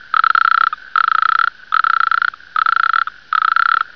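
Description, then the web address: Toad calling with rapid pulsed trills, five short bursts each about half a second long, separated by brief pauses. "BBCMM 003"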